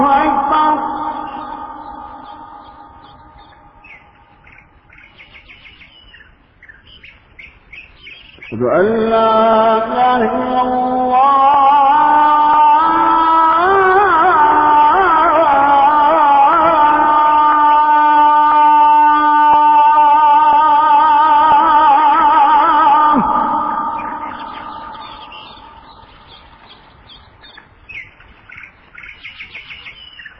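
A dawn call to prayer rings out while birds chirp in the morning. After eight quiet seconds of soft, scattered chirps, a strong sung voice enters abruptly, holding and wavering on long notes until about 23 seconds, then fades as light chirping returns.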